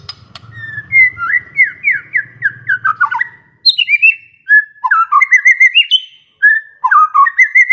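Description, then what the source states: White-rumped shama singing varied loud whistles: a fast series of slurred notes, then separate fluting and upslurred phrases with brief gaps, plus a faint low hum at first. Lure recording of a vigorously singing bird, meant to draw a quick response from other birds.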